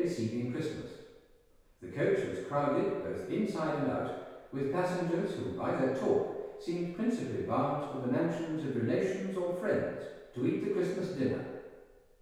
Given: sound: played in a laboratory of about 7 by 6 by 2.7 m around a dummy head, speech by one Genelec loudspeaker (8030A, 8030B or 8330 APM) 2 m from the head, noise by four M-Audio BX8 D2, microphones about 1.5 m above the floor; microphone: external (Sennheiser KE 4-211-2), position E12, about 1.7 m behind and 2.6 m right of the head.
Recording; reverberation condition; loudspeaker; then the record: male speech in English; high; 60 degrees to the right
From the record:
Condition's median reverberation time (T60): about 1300 ms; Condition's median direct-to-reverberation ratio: about -4.0 dB